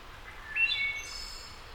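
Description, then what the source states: Wood thrush song: one phrase of clear, flute-like whistled notes, ending in a brief high shimmering trill. Labelled as a return.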